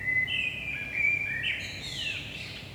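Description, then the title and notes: Common blackbird song: one continuous whistled phrase with level notes, a quick rise, then a scratchy descending flourish, low background hum throughout. Recorded at 5 am in early morning in Saint-Gilles, Belgium, using a DPA 4060 microphone pair in AB position into a Zoom F3 recorder. "Saint-Gilles, Belgique - 5am Blackbird. Blackbird in the morning. Merle au petit matin"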